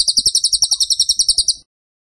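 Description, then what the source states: Bird song: a quick run of many sharp, high chipping pulses in under two seconds, then sudden silence. Masteran (training) song of a bird in tembakan style, described as gacor.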